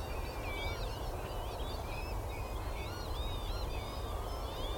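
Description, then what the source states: Northern lapwing flock calling, many wheezy, slurred whistles rising and falling at once over a steady low rumble. Flock of about 100 lapwings whooping on a wild mudflat, doing tumbling display flight over the water.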